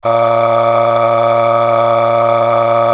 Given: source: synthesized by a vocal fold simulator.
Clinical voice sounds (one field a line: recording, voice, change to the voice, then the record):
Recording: sustained vowel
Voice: male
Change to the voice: aspiration noise (breathiness), level 10 of 10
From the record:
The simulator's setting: 4.92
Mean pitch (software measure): 115 Hz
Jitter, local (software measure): 1.20%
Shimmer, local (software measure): 14.5%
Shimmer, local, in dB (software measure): 1.14 dB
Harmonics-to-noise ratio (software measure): 10.0 dB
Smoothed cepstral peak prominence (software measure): 12.0 dB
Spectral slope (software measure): -16.0 dB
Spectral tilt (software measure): -8.3 dB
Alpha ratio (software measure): -6.5 dB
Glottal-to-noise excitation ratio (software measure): 0.790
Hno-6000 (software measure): 1.8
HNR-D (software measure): 22.5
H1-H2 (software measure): 4.9 dB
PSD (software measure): 8.9e-05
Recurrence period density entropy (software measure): 0.130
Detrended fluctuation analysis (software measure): 0.0535